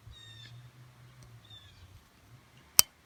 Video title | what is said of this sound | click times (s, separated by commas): Project Failblazer Episode 9 - Installing a Valve Cover, Intake and Fuel Pressure Regulator - 4.2L | snapped into place | 2.8 s